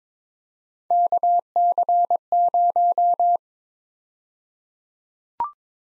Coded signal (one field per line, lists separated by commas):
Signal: Morse code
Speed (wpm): 22 wpm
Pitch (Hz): 700 Hz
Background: none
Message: KC0